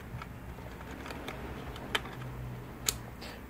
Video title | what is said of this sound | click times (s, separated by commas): How to upgrade your laptop SSD hard drive and keep your Operating System | now we'll be installing the memory chips push them down until they click now | 1.9 s, 2.9 s